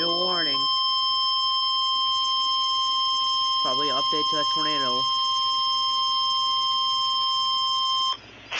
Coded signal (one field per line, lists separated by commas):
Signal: Emergency Alert System (SAME) tones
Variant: 1050 Hz attention tone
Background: speech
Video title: 6/20/22 - Severe Thunderstorm Warning for northeastern SD (EAS #61)